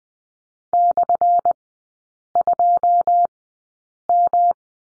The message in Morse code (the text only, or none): /2M